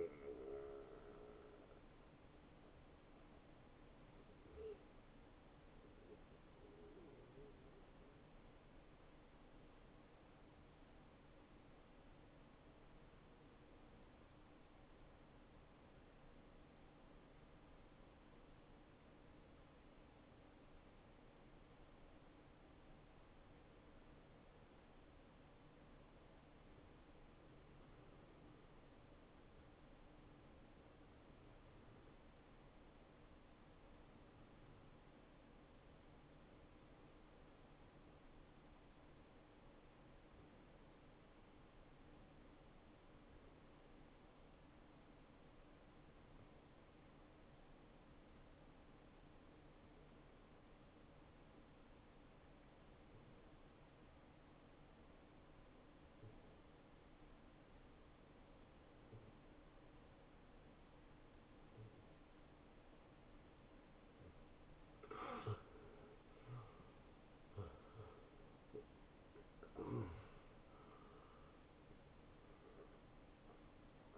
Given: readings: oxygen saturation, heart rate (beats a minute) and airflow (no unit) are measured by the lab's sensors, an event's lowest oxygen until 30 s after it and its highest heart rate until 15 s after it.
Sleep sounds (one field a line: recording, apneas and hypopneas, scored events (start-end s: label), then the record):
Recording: breathing in sleep by a voice recorder at the bedside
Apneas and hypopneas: 1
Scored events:
4.00-65.50 s: hypopnea (N1, oxygen 97% highest, then 88% lowest, heart rate 69 at the start, 76 highest)
55.00-74.17 s: new sleep stage, N2 (light sleep)
From the record:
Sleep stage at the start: N1 (lightest sleep)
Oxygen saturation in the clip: 87 to 97%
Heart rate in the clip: 57 to 75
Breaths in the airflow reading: 18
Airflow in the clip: -10.7 to 9.1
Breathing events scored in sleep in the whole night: 263 in 5.5 hours asleep